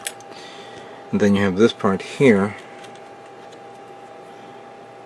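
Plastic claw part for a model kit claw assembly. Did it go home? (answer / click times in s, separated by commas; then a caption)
no / none. A plastic claw part for a model kit claw assembly (1/100 MG Dark Hound) is picked up and aligned while someone talks over a steady background hum. A brief tick comes right at the start at 0.1 s, but the part has not been pushed in and nothing has snapped into place yet.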